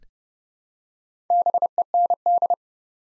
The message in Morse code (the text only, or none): BEND